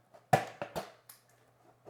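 A plastic gauge cluster trim piece is pushed straight into the dashboard until its clips engage. A sharp click at 0.3 s marks it seating, followed by a few quieter knocks. No one talks.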